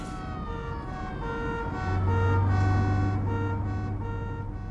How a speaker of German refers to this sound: da kommt ein Krankenwagen hinter uns.